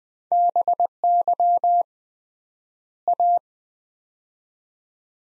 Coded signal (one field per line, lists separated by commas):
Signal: Morse code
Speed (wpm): 21 wpm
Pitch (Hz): 700 Hz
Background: none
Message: BY A